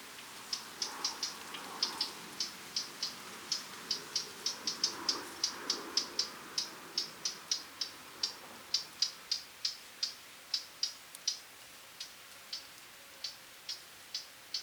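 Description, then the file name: Eurasian blackcap calling with dry, stony tacks, at first quick and bunched, then slowing and spacing out toward the end. "Sylvia atricapilla"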